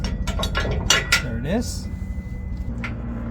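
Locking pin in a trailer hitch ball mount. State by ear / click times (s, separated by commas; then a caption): seated / 2.8 s. Someone talks while pushing the button on the locking pin of a Mmtowus adjustable trailer hitch ball mount, with metallic clinks and handling sounds early on. A single click at 2.8 s marks the lock engaging on the metal hitch, and the pin is seated and locked shut.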